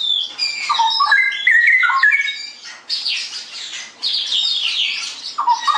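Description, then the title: Straw-headed bulbul pouring out a quick, gurgling whistled phrase, followed by a dense, high, scratchy chatter, then a short low whistled return. Caged-bird song-tutoring (masteran) in clear quality, featuring rapid "ropel" song from a constantly singing (gacor) bird. "mster Mnuk. Masteran Burung CUCAK ROWO Kualitas Jernih. Cucak Rowo Ropel Gacor"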